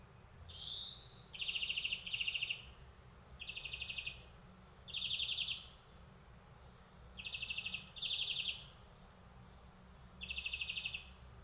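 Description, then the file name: European greenfinch giving a rising wheeze followed by a series of rapid trilled chattering notes in pairs and singles, at irregular intervals, over faint steady background noise. "Chloris chloris"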